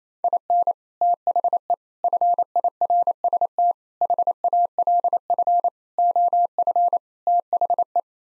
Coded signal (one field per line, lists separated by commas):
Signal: Morse code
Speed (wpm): 28 wpm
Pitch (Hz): 700 Hz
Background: none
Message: IN THE FIRST HALF OF THE